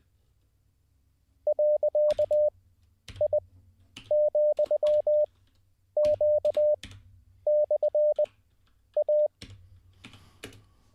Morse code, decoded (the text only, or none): .I,Q/A